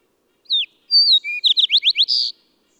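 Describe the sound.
Bird song: a falling whistle, a long high whistle, a lower note, then several quick rising notes ending in a buzzy note, all on a silent background.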